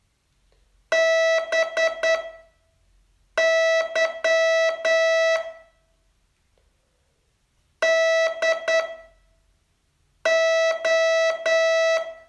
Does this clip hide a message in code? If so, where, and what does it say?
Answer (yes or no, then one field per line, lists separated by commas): yes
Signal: Morse code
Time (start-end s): 0.9-12.0 s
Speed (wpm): 10 wpm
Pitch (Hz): 650 Hz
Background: none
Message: BY DO